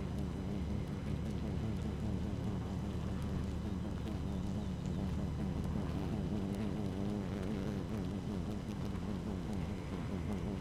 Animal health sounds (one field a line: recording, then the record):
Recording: honeybee colony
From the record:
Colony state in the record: active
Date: 12 June 2018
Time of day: 6:36